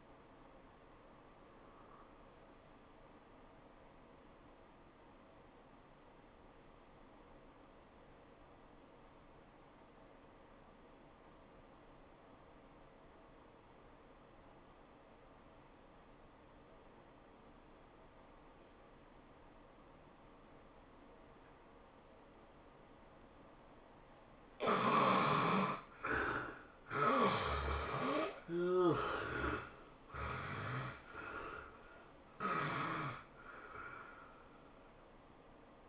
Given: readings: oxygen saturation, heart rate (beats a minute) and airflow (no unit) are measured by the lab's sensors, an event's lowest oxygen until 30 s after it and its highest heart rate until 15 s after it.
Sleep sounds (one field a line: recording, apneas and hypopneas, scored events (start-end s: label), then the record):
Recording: breathing in sleep by a voice recorder at the bedside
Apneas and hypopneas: 1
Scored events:
3.00-24.30 s: obstructive apnea (N1, oxygen 96% highest, then 69% lowest, heart rate 88 at the start, 106 highest)
From the record:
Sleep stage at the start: N1 (lightest sleep)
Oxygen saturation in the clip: 72 to 96%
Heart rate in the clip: 80 to 106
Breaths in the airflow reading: 4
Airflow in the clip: -13.0 to 11.3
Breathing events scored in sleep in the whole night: 403 in 5.5 hours asleep